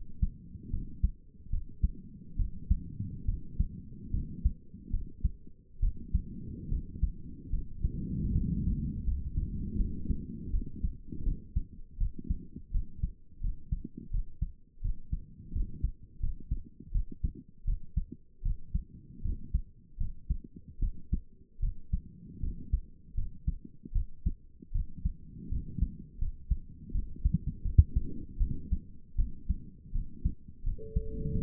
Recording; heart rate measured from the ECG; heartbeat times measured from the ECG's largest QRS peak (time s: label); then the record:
heart sounds by stethoscope; 78 bpm
0.70 s: heartbeat
1.50 s: heartbeat
2.36 s: heartbeat
3.25 s: heartbeat
4.11 s: heartbeat
4.90 s: heartbeat
5.80 s: heartbeat
6.69 s: heartbeat
7.50 s: heartbeat
8.32 s: heartbeat
9.04 s: heartbeat
9.76 s: heartbeat
10.50 s: heartbeat
11.23 s: heartbeat
11.97 s: heartbeat
12.71 s: heartbeat
13.41 s: heartbeat
14.11 s: heartbeat
14.81 s: heartbeat
15.52 s: heartbeat
16.20 s: heartbeat
16.92 s: heartbeat
17.64 s: heartbeat
18.42 s: heartbeat
19.22 s: heartbeat
19.97 s: heartbeat
20.79 s: heartbeat
21.59 s: heartbeat
22.40 s: heartbeat
23.14 s: heartbeat
23.92 s: heartbeat
24.72 s: heartbeat
25.49 s: heartbeat
26.18 s: heartbeat
26.91 s: heartbeat
27.62 s: heartbeat
28.37 s: heartbeat
29.15 s: heartbeat
29.92 s: heartbeat
30.63 s: heartbeat
31.32 s: heartbeat
From the record:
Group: healthy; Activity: rest 0-30 s, Valsalva maneuver 30-31 s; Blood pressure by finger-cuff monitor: 132/75 mmHg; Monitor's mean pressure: 92 mmHg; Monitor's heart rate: 76 bpm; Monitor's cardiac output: 7 L/min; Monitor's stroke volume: 90 mL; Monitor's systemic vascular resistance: 960 dyn s/cm5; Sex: female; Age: 22 years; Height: 154 cm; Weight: 58.7 kg